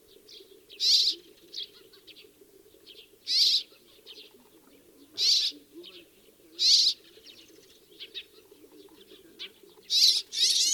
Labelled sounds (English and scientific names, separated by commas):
Rock Sparrow (Petronia petronia) call